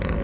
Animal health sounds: contact call of a hoofed animal; wild boar; grunt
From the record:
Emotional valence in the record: positive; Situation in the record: naturally occurring affiliative interactions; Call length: 0.24 s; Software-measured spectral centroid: 1480 Hz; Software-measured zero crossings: 680 a second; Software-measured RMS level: -24 dBFS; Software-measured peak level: -13 dBFS

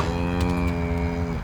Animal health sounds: contact call of a hoofed animal; cattle; low-frequency (closed-mouth) or high-frequency (open-mouth) call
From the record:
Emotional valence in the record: negative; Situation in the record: full separation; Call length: 1.45 s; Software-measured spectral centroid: 2070 Hz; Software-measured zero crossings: 990 a second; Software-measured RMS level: -24 dBFS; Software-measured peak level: -9 dBFS

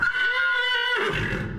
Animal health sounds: contact call of a hoofed animal; horse; whinny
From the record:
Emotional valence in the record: negative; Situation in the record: group separation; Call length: 1.59 s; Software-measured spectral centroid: 2110 Hz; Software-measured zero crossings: 2910 a second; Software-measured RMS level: -24 dBFS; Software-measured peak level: -11 dBFS

